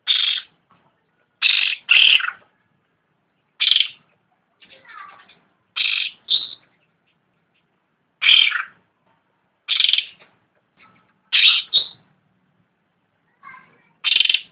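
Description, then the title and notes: Greater green leafbird song of loud, high bursts, sometimes doubled, repeated every two seconds or so, with a few faint softer notes between them. "Cucak Rante. Suara Cucak Ijo"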